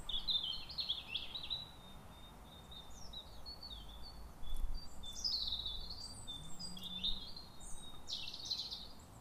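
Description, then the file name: European robin song of varied high, thin warbling phrases and sliding whistles running almost continuously, with soft low background hum. "Erithacus rubecula"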